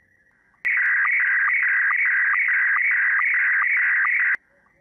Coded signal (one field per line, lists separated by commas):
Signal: SSTV (slow-scan television)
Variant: Scottie 1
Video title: How to build a cheap simple Radio Base with a (Baofeng) handheld transceiver and a SDR dongle